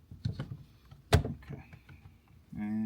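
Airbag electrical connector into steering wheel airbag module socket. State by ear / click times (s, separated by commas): not seated / none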